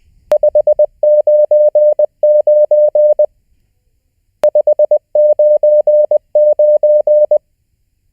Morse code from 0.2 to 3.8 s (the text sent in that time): 599